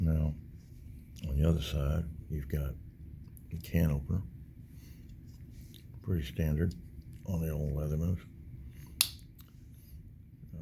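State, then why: Seated. Someone talks while the can opener on a metal multitool is swung open. It snaps sharply into its spring-retained locked position at 9.0 s, and the can opener blade is confirmed seated and locked in the handle.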